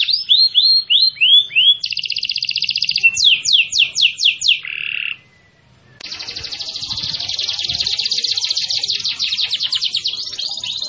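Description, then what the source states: Canary singing a rapid sequence of looping swept notes and steady high trills, falling silent briefly before resuming with an extended rattling trill. Kenari gacor, an Indonesian term for a canary singing actively and continuously.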